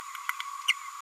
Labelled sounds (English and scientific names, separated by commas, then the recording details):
Green-rumped Parrotlet (Forpus passerinus) babbling
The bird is a female
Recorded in a nest box in Venezuela
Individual 17B102A6